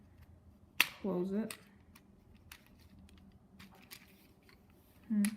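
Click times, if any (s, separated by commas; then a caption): 0.8 s. The two halves of an Xbox 360 controller case are pressed together and snap shut with a sharp click at 0.8 s, showing the case has seated. Someone talks just after, with a few faint ticks through the rest of the clip.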